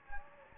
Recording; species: mosquito wingbeat signal from an infrared sensor; Anopheles gambiae